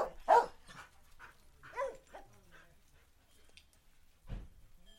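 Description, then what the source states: Dog barks, one loud bark at the start followed by fainter scattered barks. Several dogs barking.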